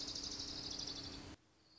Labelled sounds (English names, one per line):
Orange-crowned Warbler